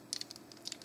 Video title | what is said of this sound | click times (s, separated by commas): Transformers - Revenge of the Fallen - Breakaway - FULL HD | wichtig ist hierbei dass das triebwerk quasi komplett juden einrastet so | 0.1 s